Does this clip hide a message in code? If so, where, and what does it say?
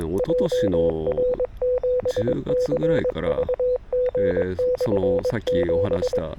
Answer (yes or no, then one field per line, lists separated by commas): yes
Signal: Morse code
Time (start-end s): 0.2-6.2 s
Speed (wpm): 22 wpm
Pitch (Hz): 500 Hz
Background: speech, radio noise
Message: JR7CVG/7